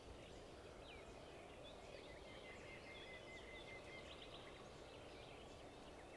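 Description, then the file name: Common nightingale: thin, high whistled notes, some briefly sliding or held, repeated irregularly and faint above steady background noise. "Luscinia megarhynchos"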